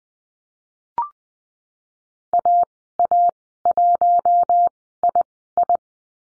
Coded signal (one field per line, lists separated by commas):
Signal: Morse code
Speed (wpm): 20 wpm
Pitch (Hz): 700 Hz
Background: none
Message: AA1II